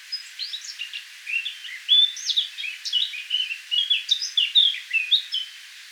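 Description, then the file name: Eurasian blackcap delivering a long, varied warble of quick chirps and whistled slurs, louder in its second half. "Sylvia atricapilla"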